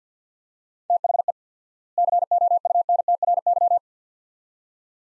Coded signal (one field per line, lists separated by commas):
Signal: Morse code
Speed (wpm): 50 wpm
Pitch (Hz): 700 Hz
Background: none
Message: THE COUNTRY